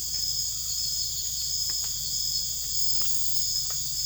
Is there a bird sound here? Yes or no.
no